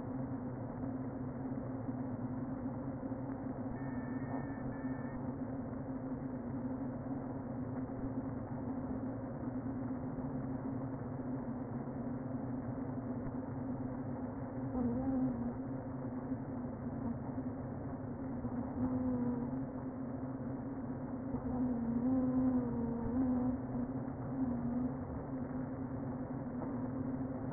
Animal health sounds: honeybee colony, microphone inside the hive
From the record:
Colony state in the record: queen present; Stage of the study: before two queens were removed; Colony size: about 60,000 bees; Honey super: yes

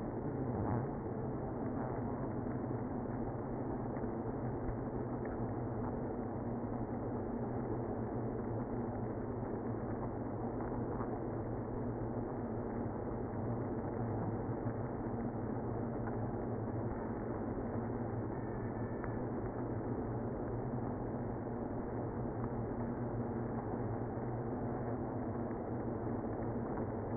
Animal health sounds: honeybee colony, microphone inside the hive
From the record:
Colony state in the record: queenless (queen removed); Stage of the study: after two queens were removed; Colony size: about 60,000 bees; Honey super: yes

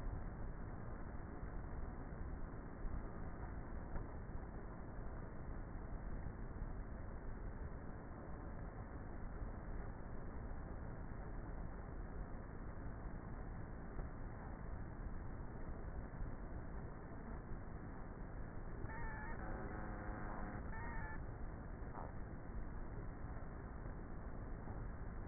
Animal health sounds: honeybee colony, microphone inside the hive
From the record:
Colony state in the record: queenless with a low population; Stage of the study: before two queens were removed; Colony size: about 30,000 bees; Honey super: no

